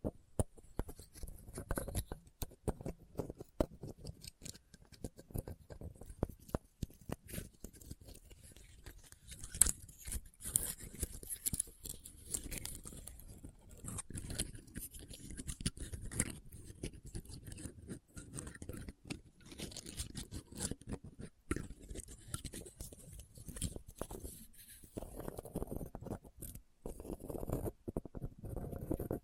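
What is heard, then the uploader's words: An assortment of small handling sounds plays without talking: dense, irregular taps, scratches and crinkly scrapes, close together and never settling into a steady rhythm. Bright hissy rustling sits over soft low thumps, with a louder tap near ten seconds. Christmas Trigger Assortment (No Talking).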